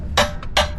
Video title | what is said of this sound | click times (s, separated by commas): Metalcloak Differential Skid Plate: Is It Worth It? | There we go. You heard that click? | 0.6 s